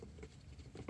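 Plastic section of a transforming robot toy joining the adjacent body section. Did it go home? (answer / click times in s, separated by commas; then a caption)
no / none. Two plastic sections of a Takara Legends Big Powered Transformers robot figure are pushed together during its transformation, producing soft pattering handling noises, a light tap near 0.2 s, and a louder scrape as the clip ends. The part has not seated or snapped into place yet.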